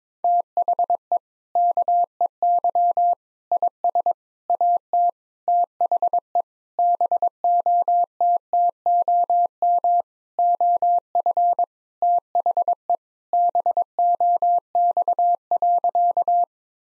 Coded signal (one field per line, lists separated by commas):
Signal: Morse code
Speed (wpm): 21 wpm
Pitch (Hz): 700 Hz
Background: none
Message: THE KEY IS AT THE BOTTOM OF THE BOX.